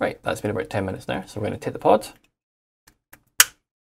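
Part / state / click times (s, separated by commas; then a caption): vape pod into the vape device body / seated / 3.4 s. Someone talks for about two seconds, then a filled plastic vape pod is pushed into the top of the vape device body. Two faint ticks come at 2.9 and 3.1 seconds, and the pod snaps into place with one loud, sharp click at 3.4 seconds, seated in the device.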